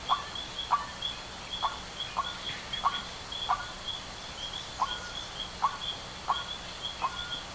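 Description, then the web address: Bird calls: short, clipped notes in loose, irregular pairs and singles, accompanied by a continuous high-pitched drone in the background. "BIRD 2015 SABIOD 50 bird 2015"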